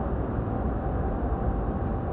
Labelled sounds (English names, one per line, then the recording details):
Ortolan Bunting
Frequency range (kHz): Ortolan Bunting 4.7-5.2 kHz
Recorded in France